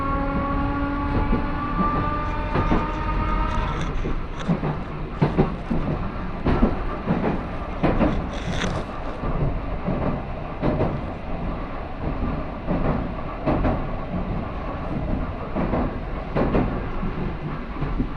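A train with nose-suspended traction motors groans along, its motor whine holding steady tones for the first few seconds before fading into the running noise. A steady low rumble continues throughout, broken by frequent sharp clacks and thumps from the wheels.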